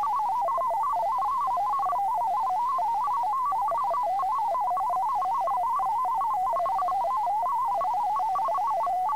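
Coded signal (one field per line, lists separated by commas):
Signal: multi-tone FSK (Olivia or MFSK type)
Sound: rapid, continuous burbling of single tones hopping around 900 Hz, like a fast warbling melody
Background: faint steady whine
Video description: At the end of the video is a test message you can use to practice with to make sure everything is set up and working properly.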